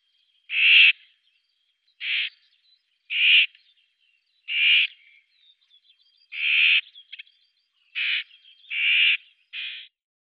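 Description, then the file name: Common whitethroat rasping calls: eight harsh, broad churring notes repeated at irregular intervals of under one to about two seconds. "Greater Whitethroat"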